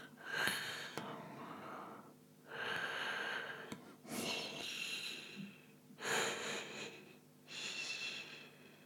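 Five slow, noisy breath sounds about two seconds apart, breathy and hissing with some snorting, throaty edges and little deep rumble: an adult breathing and snoring during sleep.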